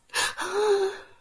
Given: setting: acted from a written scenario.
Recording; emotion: vocal sound without words; fear